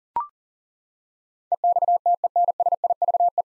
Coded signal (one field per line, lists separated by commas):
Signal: Morse code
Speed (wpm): 40 wpm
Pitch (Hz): 700 Hz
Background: none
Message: EXTENSIVE